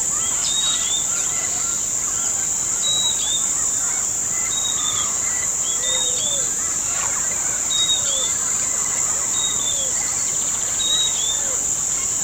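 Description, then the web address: Bird calls: thin high whistles and brief arched notes scattered through the recording, with a few lower downslurred notes, over persistent high hiss. "BIRD 2015 SABIOD bird 2015"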